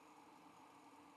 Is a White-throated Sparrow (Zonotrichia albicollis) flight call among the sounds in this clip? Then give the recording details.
no. No flight call is heard. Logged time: 06:06 on 5 December 2014